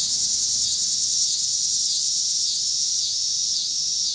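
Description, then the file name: Cicadas singing a dense, hissing, high drone that stays loud and even. Cicadas recorded with car noise in Pittsburgh, Pennsylvania, on 26 August 2023. "2023-08-26 cicadas and cars Pittsburgh PA"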